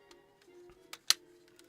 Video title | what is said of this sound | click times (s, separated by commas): Transformers Blaster Livestream Part 2 | and that's going to go just like that and it's got a nice satisfying click | 1.1 s